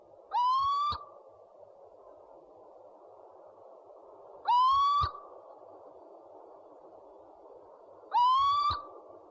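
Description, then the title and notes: Owl calls: three short rising whistled notes with bright overtones, about four seconds apart, over a steady low hiss. Part of a compilation of 69 call variants from 11 owl species. "Sovy - Eulen - Owls. 69 variant hlasů - 11 druhů sov"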